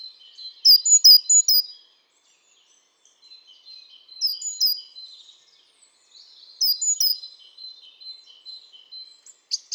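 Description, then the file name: Great tit calls: three bursts of bright, high repeated notes, each a quick run of sharp chips, with softer twittering between. "Parus major"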